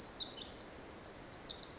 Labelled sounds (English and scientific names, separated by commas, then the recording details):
Pacific Wren (Troglodytes pacificus)
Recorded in Sonoma County, California